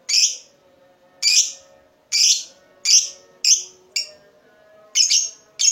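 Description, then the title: Lovebird giving shrill, high chirps in an uneven series, with a faint low hum underneath. The lovebird's singing style is said to make it look very clever at baiting, prompting other birds to sing. "Dari Gayanya Lovebird Ini Terlihat Pintar Sekali Memancing"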